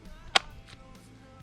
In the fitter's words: słychać kliknięcie konkretne